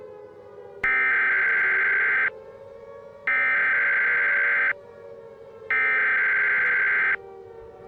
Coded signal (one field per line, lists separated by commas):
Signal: Emergency Alert System (SAME) tones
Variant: header bursts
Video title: Unknown Launch: End of the World- An EAS Scenario (Alternate Ending #2)